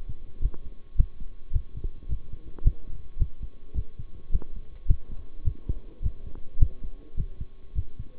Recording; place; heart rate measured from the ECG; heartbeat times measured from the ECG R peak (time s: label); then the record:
heart sounds by stethoscope; between the tricuspid and mitral areas; 106 bpm
0.42 s: heartbeat
0.97 s: heartbeat
1.53 s: heartbeat
2.09 s: heartbeat
2.64 s: heartbeat
3.19 s: heartbeat
3.75 s: heartbeat
4.32 s: heartbeat
4.88 s: heartbeat
5.45 s: heartbeat
6.02 s: heartbeat
6.60 s: heartbeat
7.17 s: heartbeat
7.75 s: heartbeat
From the record:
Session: bicycle stress test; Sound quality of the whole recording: good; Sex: male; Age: 23 years